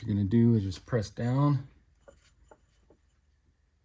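Someone talks while the aluminum oil filter housing of a 2011-2023 Chrysler 300/Dodge Charger is handled, about to be pressed down so its lubed tube enters the hole in the engine block. After the talking stops, only a few faint handling ticks are heard, near 2.1 and 2.5 seconds. The clip ends before the part goes home; nothing has seated or clicked yet.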